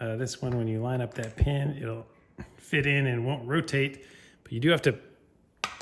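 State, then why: Seated. A camshaft solenoid is lined up by its pin and pressed down into the aluminium cam cover of a Porsche engine while someone talks. A sharp snap at 5.6 s marks the solenoid seating into the cover.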